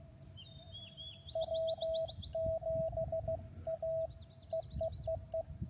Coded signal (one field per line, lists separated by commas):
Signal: Morse code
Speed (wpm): 15 wpm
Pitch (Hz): 650 Hz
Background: none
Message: W7A EEEE